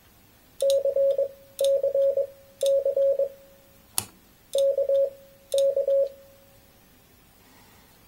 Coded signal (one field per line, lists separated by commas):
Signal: Morse code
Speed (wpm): 21 wpm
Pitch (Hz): 550 Hz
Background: none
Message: CCC KK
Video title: KEYER with CURTIS 8044AMB by IK5XCT